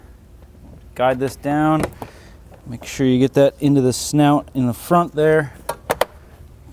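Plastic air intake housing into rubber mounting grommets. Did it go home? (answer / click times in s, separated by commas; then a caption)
yes / 5.9 s, 6.0 s. Someone talks while a plastic air intake housing is guided into the front snout and pressed down onto its rubber mounting grommets in a 2020-2024 BMW G01 X3 / G02 X4 M40i with the B58TU engine, during a heat management module replacement. Two sharp clicks at 5.9 s and 6.0 s mark the grommets sinking onto their mounting pins together, and the housing is seated.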